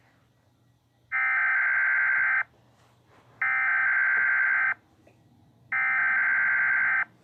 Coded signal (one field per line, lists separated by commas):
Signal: Emergency Alert System (SAME) tones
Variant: header bursts